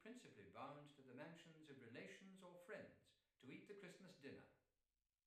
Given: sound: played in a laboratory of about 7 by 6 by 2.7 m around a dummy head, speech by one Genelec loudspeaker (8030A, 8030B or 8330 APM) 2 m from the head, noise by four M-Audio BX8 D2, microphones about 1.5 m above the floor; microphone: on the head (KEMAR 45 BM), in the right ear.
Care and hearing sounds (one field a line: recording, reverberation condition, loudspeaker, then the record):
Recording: male speech in English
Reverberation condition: medium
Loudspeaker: 150 degrees to the right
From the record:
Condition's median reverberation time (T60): about 510 ms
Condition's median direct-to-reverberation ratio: about -0.5 dB